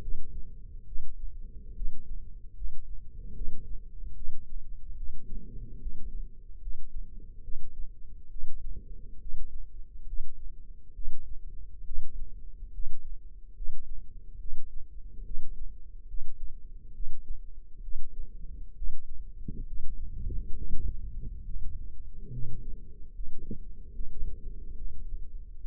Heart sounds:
heart sounds by microphone in the left ear; 70 bpm
0.01 s: heartbeat
0.86 s: heartbeat
1.75 s: heartbeat
2.55 s: heartbeat
3.34 s: heartbeat
4.15 s: heartbeat
4.96 s: heartbeat
5.80 s: heartbeat
6.60 s: heartbeat
7.42 s: heartbeat
8.30 s: heartbeat
9.20 s: heartbeat
10.06 s: heartbeat
10.94 s: heartbeat
11.84 s: heartbeat
12.72 s: heartbeat
13.55 s: heartbeat
14.39 s: heartbeat
15.24 s: heartbeat
16.07 s: heartbeat
16.93 s: heartbeat
17.82 s: heartbeat
18.75 s: heartbeat
19.65 s: heartbeat
20.56 s: heartbeat
21.44 s: heartbeat
22.31 s: heartbeat
23.13 s: heartbeat
23.93 s: heartbeat
24.75 s: heartbeat
25.59 s: heartbeat
From the record:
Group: healthy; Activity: rest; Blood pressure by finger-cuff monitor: 114/71 mmHg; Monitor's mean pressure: 88 mmHg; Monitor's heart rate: 71 bpm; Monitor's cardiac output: 5.8 L/min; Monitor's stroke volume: 81 mL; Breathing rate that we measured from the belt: 18 breaths a minute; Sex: male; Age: 35 years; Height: 178 cm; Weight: 64 kg

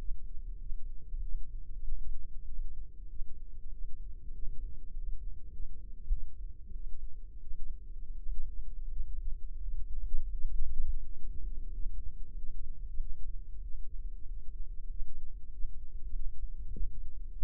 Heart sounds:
heart sounds by microphone in the left ear; 93 bpm
0.56 s: heartbeat
1.19 s: heartbeat
1.81 s: heartbeat
2.43 s: heartbeat
3.06 s: heartbeat
3.68 s: heartbeat
4.31 s: heartbeat
4.91 s: heartbeat
5.49 s: heartbeat
6.08 s: heartbeat
6.71 s: heartbeat
7.38 s: heartbeat
8.14 s: heartbeat
8.86 s: heartbeat
9.58 s: heartbeat
10.30 s: heartbeat
11.01 s: heartbeat
11.69 s: heartbeat
12.33 s: heartbeat
12.97 s: heartbeat
13.60 s: heartbeat
14.23 s: heartbeat
14.86 s: heartbeat
15.49 s: heartbeat
16.10 s: heartbeat
16.70 s: heartbeat
17.28 s: heartbeat
From the record:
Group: healthy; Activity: rest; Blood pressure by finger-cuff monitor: 100/59 mmHg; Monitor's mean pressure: 71 mmHg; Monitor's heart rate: 95 bpm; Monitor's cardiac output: 6.7 L/min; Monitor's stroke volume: 71 mL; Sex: male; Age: 22 years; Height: 181 cm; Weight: 60 kg

